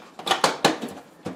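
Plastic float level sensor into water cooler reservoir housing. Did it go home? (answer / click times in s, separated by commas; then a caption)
yes / 0.4 s, 0.6 s. A plastic float level sensor, removed from an Avalon bottom-loading water cooler for cleaning, is pushed back into its housing in the reservoir. Two sharp, loud snaps at 0.4 s and 0.7 s mark it seating, with softer knocks around them. The float assembly is seated back in place.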